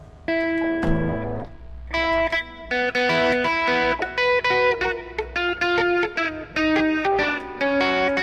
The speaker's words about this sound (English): Yes, but it's really too distorted.